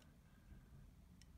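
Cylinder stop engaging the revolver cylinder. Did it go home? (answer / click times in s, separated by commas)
no / none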